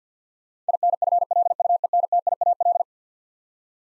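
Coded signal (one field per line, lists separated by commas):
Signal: Morse code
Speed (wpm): 50 wpm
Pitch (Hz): 700 Hz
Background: none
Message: INFLUENTIAL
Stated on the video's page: Morse code word drill of eleven-letter words at 50 wpm, each sent, then spoken, then sent again for head-copy practice.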